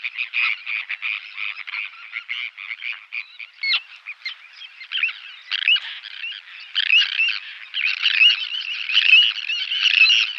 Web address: Schulze Peter Sandwich Tern